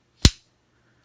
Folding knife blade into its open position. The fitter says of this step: open it all the way hear that snap that's a beautiful snap on that knife it's a beautiful snap